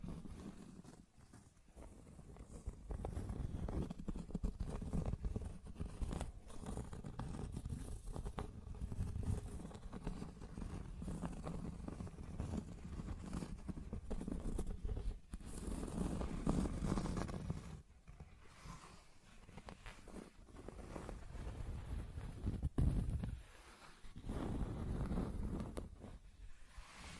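Rough scratching and tracing sounds run almost continuously, a dense, grainy scraping heavy in the low end with gritty texture above. Short gaps break it near 1, 6, 15, 18 and 23 seconds, and the strokes swell and fade irregularly between them.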